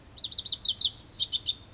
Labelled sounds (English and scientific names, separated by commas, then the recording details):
Pacific Wren (Troglodytes pacificus)
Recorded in Sonoma County, California